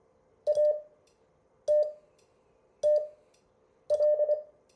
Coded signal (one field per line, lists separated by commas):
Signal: Morse code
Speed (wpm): 24 wpm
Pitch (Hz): 600 Hz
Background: none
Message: ATTL